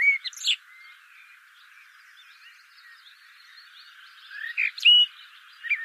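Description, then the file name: Common blackbird song: a short whistled burst at the start and a mellow warbling phrase near the end, with soft twittering between them. "Turdus merula"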